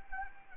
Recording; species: mosquito wingbeat signal from an infrared sensor; Anopheles gambiae